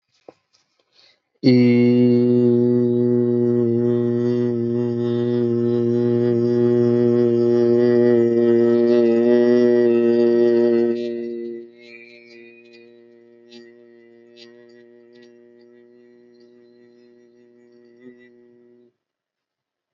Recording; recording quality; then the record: sustained vowel as in beet; excellent, no background noise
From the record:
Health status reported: healthy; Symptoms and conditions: none ticked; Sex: male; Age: 26 years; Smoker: yes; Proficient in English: yes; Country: India